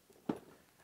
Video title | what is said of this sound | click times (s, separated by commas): Best Tool Storage System Ever Made | then it's unlocked | 0.3 s